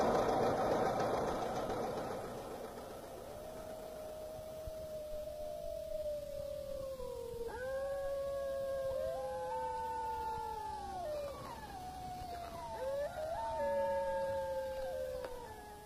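Several wolves howl together in long, wavering tones that slide up and down and overlap, continuing steadily after a brief burst of rough noise at the start.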